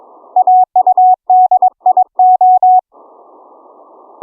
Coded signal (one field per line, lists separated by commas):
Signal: Morse code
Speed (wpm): 22 wpm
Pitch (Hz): 740 Hz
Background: none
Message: AUDIO